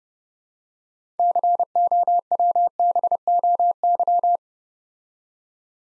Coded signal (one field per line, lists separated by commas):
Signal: Morse code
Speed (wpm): 29 wpm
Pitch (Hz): 700 Hz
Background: none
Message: COWBOY